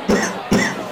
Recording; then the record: coughing mixed with background sound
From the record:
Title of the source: Spring Cold Coughing 3